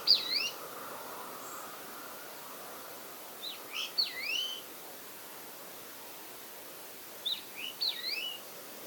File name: Wallcreeper